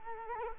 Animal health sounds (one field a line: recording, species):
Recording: mosquito wingbeat signal from an infrared sensor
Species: Culex quinquefasciatus